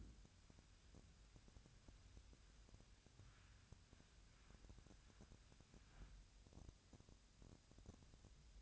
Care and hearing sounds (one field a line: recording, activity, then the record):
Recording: daily activity, microphone in the room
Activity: wipe stove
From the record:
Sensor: 2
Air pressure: 1006.9 hPa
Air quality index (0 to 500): 199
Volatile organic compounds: 14 ppm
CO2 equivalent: 2443 ppm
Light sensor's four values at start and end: 10/24/10/10 and 10/24/10/10